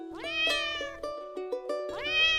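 A female kitten, Juanita, being taken to the veterinarian meows twice, each cry a loud, high, drawn-out call that rises in pitch, with a short gap of quieter squeaks between them and no talking.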